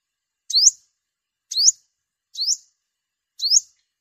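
Sunbird calls: four high, rising chirps spaced about a second apart, in otherwise quiet surroundings.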